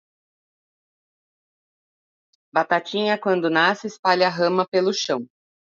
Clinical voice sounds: short text; Brazilian Portuguese; female; 40 to 49 years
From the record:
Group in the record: control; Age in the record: 46 years

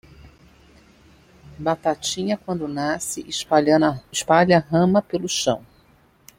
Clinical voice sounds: short text; Brazilian Portuguese; female; 50 to 59 years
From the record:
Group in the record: control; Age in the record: 56 years

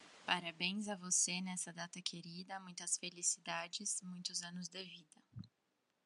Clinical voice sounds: short text; Brazilian Portuguese; female; 20 to 29 years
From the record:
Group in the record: control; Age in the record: 25 years

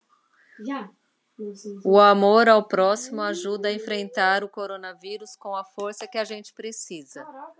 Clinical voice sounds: spoken sentence; Brazilian Portuguese; female; 40 to 49 years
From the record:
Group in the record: control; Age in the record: 42 years

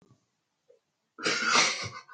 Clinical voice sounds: spoken sentence; Brazilian Portuguese; female; 20 to 29 years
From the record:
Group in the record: control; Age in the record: 26 years

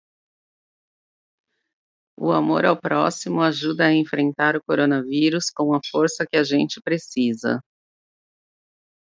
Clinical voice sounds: spoken sentence; Brazilian Portuguese; female; 40 to 49 years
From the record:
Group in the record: control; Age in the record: 42 years

